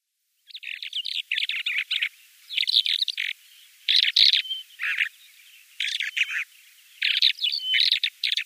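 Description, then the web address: Lesser short-toed lark song in bursts of rapid, scratchy twittering and chirps, separated by short gaps, over a light steady hiss. "Schulze Peter Lesser Short-toed Lark"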